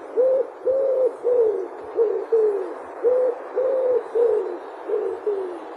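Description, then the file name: Common wood pigeon cooing, a series of many soft, low notes, some level and some falling, over faint background hiss. "ringdue"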